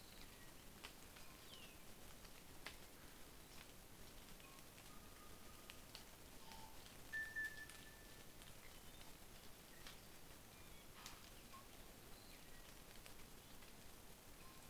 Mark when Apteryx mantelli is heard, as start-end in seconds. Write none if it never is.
none